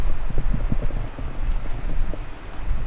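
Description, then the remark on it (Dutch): Strong wind buffets the microphone, producing a loud, continuous low rumble with uneven gusting surges and thumps throughout, with no voices. “Het waait wel wat hard.”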